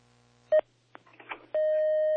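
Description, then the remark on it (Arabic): A short electronic tone beeps, followed by clicks and a burst of line noise, then a steady, loud telephone tone holds until the end, with a low hum underneath throughout, as another telephone call is connected. “نأخذ اتصال آخر.”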